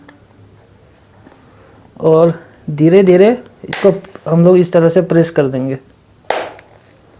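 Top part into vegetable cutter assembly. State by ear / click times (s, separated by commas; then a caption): seated / 6.3 s. With three parts aligned, the top plastic part of a vegetable cutter is pressed slowly into place while someone talks. A loud snap at 6.3 s shows it has seated and locked into the cutter assembly, followed by a few faint ticks.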